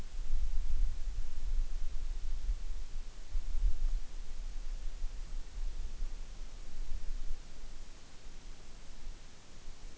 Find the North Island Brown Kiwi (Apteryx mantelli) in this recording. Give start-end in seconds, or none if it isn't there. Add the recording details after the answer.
none. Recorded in New Zealand on 8 June 2013. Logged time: 02:19